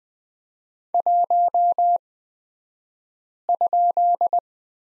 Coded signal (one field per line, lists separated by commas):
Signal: Morse code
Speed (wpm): 20 wpm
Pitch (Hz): 700 Hz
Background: none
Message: 1?